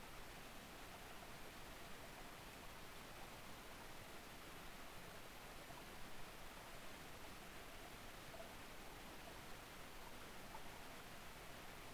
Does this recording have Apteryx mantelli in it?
no